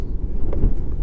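A Lexmoto XDV 300cc scooter's adjustable windscreen is pulled up one notch into its second-stage height detent on the front fairing, over a steady low rumble of wind and vehicle noise. A single sharp click at 0.5 s marks the screen seating in place.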